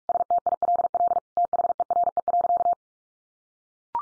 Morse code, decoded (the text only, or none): STILL THERE.